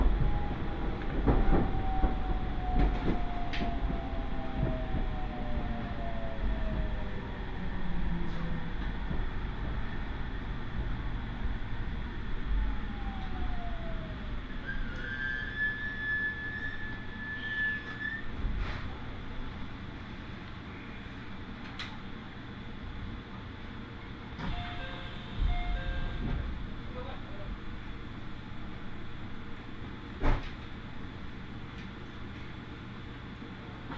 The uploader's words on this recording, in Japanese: 耳で楽しむ鉄道旅 飯田線 三河槇原→新城。